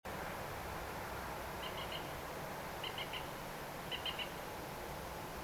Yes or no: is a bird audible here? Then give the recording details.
yes. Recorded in France